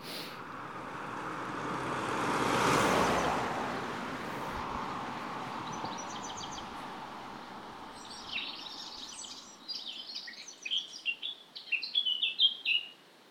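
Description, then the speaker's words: Eurasian blackcap song: a fast, warbling run of notes in the last five seconds, growing stronger, after a passing rush of traffic-like noise. Spring woodland near a ruined cottage with hawthorn hedges in flower; blackcaps singing everywhere; song loud, quite mechanical, a little warbly like a blackbird. "That loud and quite mechanical sounding song is the blackcap."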